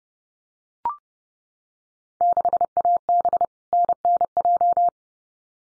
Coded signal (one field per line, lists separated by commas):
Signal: Morse code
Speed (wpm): 30 wpm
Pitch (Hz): 700 Hz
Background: none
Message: 6AB NNJ